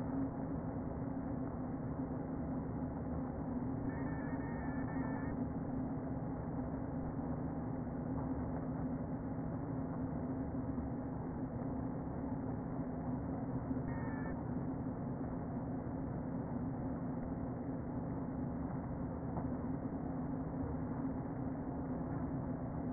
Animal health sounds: honeybee colony, microphone inside the hive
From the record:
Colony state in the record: queen present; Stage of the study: before two queens were removed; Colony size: about 60,000 bees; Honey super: yes

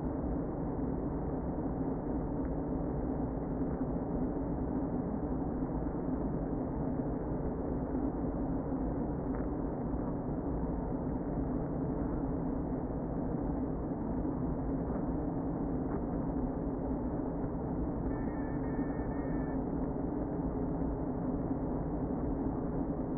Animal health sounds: honeybee colony, microphone inside the hive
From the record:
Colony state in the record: queen present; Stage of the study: before two queens were removed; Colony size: about 60,000 bees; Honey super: yes

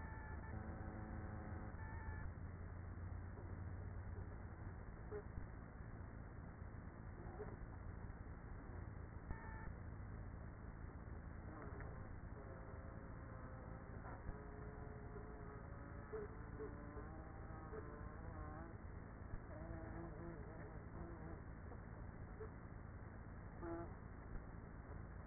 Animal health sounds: honeybee colony, microphone inside the hive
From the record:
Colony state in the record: queenless with a low population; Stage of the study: after two queens were removed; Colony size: about 30,000 bees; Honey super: no

